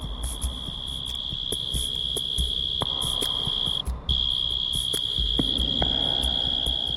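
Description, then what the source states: European mole cricket singing a steady, continuous high buzzing trill with one brief break midway, over a low rumbling background with scattered clicks. Courtship song produced by the wings, sung from the fork of its Y-shaped burrow, head toward the depths, the burrow amplifying the sound; heard on warm summer nights.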